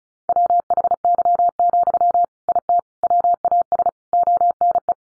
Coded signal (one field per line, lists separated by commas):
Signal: Morse code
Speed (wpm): 34 wpm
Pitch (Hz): 700 Hz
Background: none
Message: WHY, IT WAS ONE